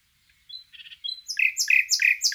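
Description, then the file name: Common nightingale song: a few thin whistles and a soft buzzy note, then a run of loud repeated downward-sweeping notes, about four in a row. "Luscinia megarhynchos"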